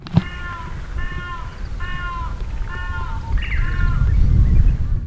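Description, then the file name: Crested ibis calls: a series of harsh, nasal, crow-like squawks with short gaps, over low background noise. "toki"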